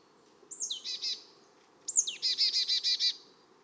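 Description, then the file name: Marsh tit calls: two sharp, high, downslurred notes, each followed by a quick run of buzzy repeated notes, over a steady low hum. "Poecile palustris"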